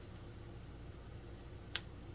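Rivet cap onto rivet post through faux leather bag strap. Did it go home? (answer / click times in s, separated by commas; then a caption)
yes / 1.8 s. A small decorative rivet is pushed through both sides of a punched hole in a faux leather bag strap, and its cap is pressed onto the rivet post. Against a low, steady background hiss, one short, sharp snap is heard at 1.8 s as the cap seats on the post.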